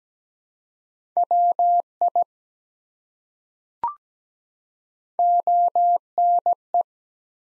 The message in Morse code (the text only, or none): WI ONE